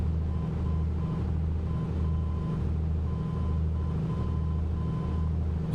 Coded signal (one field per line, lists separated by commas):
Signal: Morse code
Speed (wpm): 7 wpm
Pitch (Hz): 1020 Hz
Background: none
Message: SAY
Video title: NDB Flying to Barra! | MSFS 2024 | A2A Piper Comanche 250 | Ultra Graphics